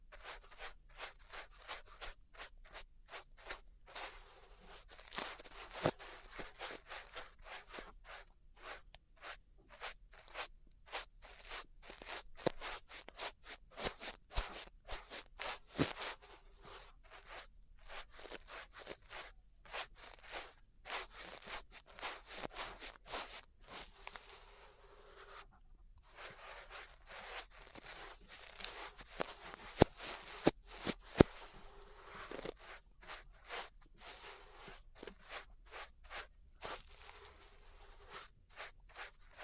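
Dense brushing and scratching against an ear, a steady stream of crisp, bright strokes with louder sharp flicks near 30 seconds.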